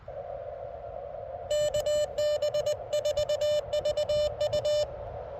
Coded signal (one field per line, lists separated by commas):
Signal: Morse code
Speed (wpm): 19 wpm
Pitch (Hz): 600 Hz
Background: none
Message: KB4VU